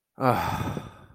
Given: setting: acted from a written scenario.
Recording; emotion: vocal sound without words; disappointment